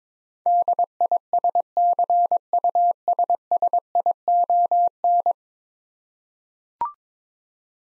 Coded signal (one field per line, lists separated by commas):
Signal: Morse code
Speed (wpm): 22 wpm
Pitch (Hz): 700 Hz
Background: none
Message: DISCUSSION